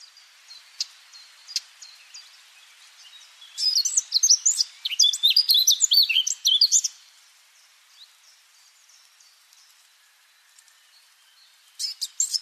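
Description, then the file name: Eurasian blackcap song, a rich, rapid warbling burst of varied high notes lasting about three seconds, with scattered soft chips before and a brief phrase at the end. "Sylvia atricapilla"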